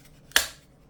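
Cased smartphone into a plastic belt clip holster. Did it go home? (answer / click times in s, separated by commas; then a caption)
yes / 0.4 s. A cased iPhone 15 Pro in a Maverick Series case is pushed into a plastic belt clip holster. A faint tick comes at 0.3 s, then a sharp, bright snap at 0.4 s that fades over about a quarter second. The phone is seated in the holster.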